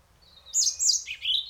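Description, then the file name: European robin phrase of bright, high warbled notes that tumble downward in pitch, a short varied sequence against a quiet background. "Erithacus rubecula"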